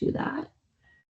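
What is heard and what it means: Someone talks briefly while the plunger of a single-use retractable-needle syringe is handled in its barrel during a demonstration. A faint, quiet handling sound follows around 0.8 to 1.0 seconds. Nothing has clicked or seated yet, and the needle has not retracted.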